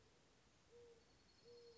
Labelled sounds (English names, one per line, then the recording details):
Mourning Dove
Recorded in Sonoma County, California